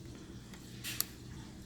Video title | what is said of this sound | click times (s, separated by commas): Samsung gear s2 classic *battery replacement(4) | that's secured properly you hear them snap a little bit cause | 1.0 s